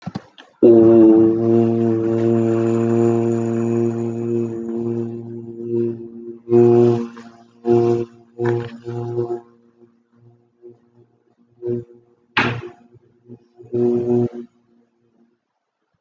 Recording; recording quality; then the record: sustained vowel as in boot; excellent, no background noise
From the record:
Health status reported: healthy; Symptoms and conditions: breathing difficulty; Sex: male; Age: 18 years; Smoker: not ticked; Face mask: not worn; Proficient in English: yes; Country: India